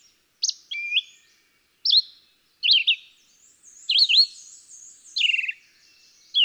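Red-eyed vireo song: brisk whistled phrases with quick up-and-down slurs, spaced by short gaps, one phrase roughly each second.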